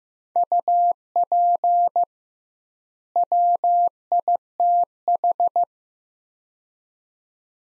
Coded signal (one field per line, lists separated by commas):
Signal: Morse code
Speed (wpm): 15 wpm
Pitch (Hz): 700 Hz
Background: none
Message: UP WITH